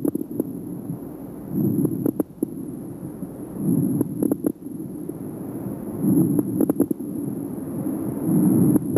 Low-pitched crackles. Crackles are due to the sudden opening of very small airways.